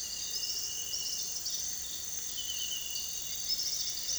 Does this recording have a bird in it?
no